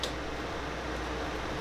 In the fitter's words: you can feel it click in there